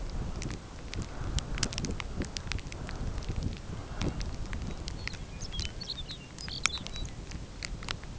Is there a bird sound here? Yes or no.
yes